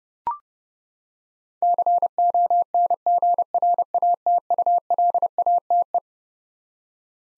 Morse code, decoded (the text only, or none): CONGRATULATE